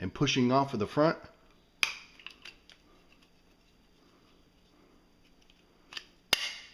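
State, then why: Seated. A polymer grip extension is pinched and pushed onto a second pistol magazine from the front while someone talks. Two loud, sharp snaps ring out at about 1.8 s and 6.3 s, with a few faint clicks between them. The extension seats on the magazine.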